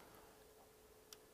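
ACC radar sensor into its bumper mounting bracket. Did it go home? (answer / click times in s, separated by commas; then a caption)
no / none. The adaptive cruise control radar sensor on a Volkswagen Golf Alltrack is handled at its bumper mounting bracket while being checked for why it felt loose, since not being pushed fully in likely caused its failed calibration. A steady low background is heard with one brief, sharp tick at 1.1 s. Nothing has seated or clicked into the bracket yet.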